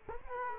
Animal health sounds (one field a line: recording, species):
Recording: mosquito wingbeat signal from an infrared sensor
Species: Culex quinquefasciatus